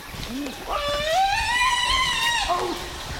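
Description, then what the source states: Chimpanzee pant hoot climax: a low hoot leaps into a long, arched, high wail that holds and then falls. Male in Budongo rainforest; pant hoot climax phase followed by double-beat drumming on tree buttress roots, made while traveling toward others who are calling.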